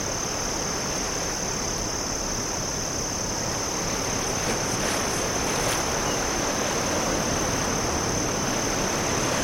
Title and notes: Oceanside Ambience. Ocean Waves, Crickets, Seagull Sounds. crickets chirp in nearby dunes